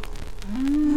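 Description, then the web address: Humpback whale song unit: a low tone that steps up and holds steady, rising in loudness, with faint hiss behind. "Songs of the humpback whale"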